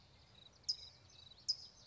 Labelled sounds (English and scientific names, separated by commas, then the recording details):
California Towhee (Melozone crissalis)
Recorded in Sonoma County, California